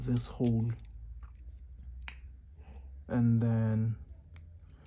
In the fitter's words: right now I'm clipping it in, and I'm sure it has clipped in,